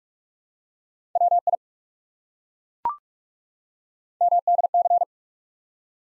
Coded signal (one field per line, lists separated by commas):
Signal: Morse code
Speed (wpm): 42 wpm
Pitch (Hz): 700 Hz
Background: none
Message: WI MDC